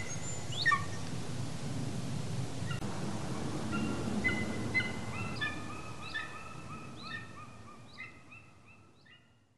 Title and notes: Triluri urbane. Acvila de munte. Sunet: Birger Hörnfeldt via Xeno-Canto. Radio România Cultural